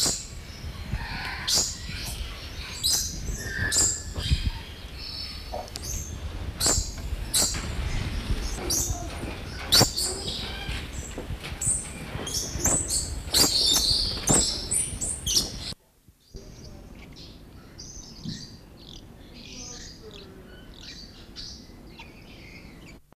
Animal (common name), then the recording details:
Josephine's Lorikeet. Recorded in captivity. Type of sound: call. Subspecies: josephinae. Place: Vogelpark Walsrode, Niedersachsen, DE. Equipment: Halbspur, 9,5 cm/s. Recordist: Lütgens, Hans. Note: Rufe